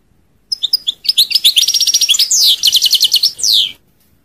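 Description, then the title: European goldfinch singing one continuous phrase of fast liquid twitters and bright trilled notes, ending in a descending buzzy slur. "Chant Chardonneret"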